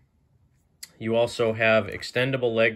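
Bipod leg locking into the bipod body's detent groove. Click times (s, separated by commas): 0.8 s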